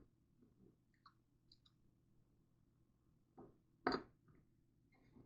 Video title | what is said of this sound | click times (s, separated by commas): Homemade Eye of round ground beef hamburgers... Are they any good? Let's find out. | So you put it on there, turn it until it clicks into place. | 3.9 s